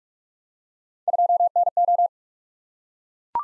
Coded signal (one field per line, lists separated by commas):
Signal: Morse code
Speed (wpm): 44 wpm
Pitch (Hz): 700 Hz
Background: none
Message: 2NO